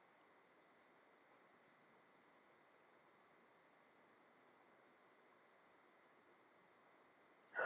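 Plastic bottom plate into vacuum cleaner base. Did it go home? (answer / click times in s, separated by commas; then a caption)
no / none. The plastic bottom plate of a vacuum cleaner is fitted under the rear wheel section first, since that part has wheels, and lined up before the front is snapped in. A steady low hiss with a faint high tone runs throughout, then a brief loud burst cuts in at about 7.6 seconds. The plate has not snapped or clicked into place yet.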